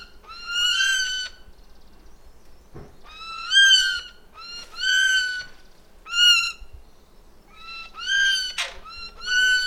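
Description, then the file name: Eurasian jay repeating rich, nasal mewing notes at uneven intervals, with a couple of other brief sharp sounds. "Garrulus glandarius"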